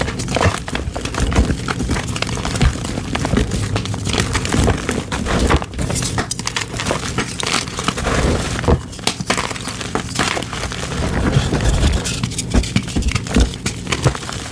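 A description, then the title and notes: Blocks of gym chalk are crushed, with dense crumbling and crunching through most of the clip. The grinding pulses in rough bursts, sharp cracks standing out near six, nine and twelve seconds. A low hum sits underneath. ASMR crushing gym chalk rainbow cylinders.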